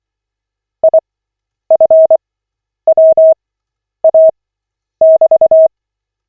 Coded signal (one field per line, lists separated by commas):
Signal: Morse code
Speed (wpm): 24 wpm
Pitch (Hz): 640 Hz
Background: none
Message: IFWA<BT>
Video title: Koch 18/40, 10.02.2025, CW practice session